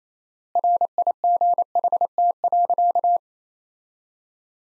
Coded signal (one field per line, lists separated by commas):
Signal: Morse code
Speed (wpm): 28 wpm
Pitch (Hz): 700 Hz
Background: none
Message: RIGHT.